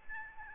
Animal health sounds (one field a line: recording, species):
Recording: mosquito wingbeat signal from an infrared sensor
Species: Aedes albopictus